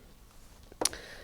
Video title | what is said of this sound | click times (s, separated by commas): Magic Vac Vacuum Sealers and Accessories Live Q&A - Avid Armor | So, and then we just place it back in, locks in place. | 0.9 s